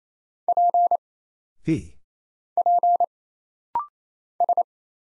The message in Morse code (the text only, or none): P P S